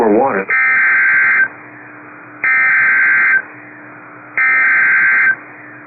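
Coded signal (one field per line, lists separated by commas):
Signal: Emergency Alert System (SAME) tones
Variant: header bursts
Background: speech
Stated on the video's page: Severe thunderstorm warning received off a Madison, Wisconsin weather radio station.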